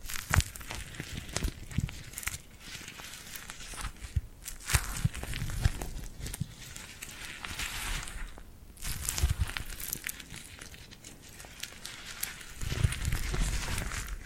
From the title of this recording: Tingly Glued Hand Sounds